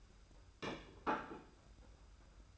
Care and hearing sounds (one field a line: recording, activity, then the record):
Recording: daily activity, microphone in the room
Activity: place plate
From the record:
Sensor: 2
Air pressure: 991.7 hPa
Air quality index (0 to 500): 185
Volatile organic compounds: 1000 ppm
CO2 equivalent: 6030 ppm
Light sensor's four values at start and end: 22/71/27/27 and 23/73/29/27